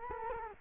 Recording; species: mosquito wingbeat signal from an infrared sensor; Culex quinquefasciatus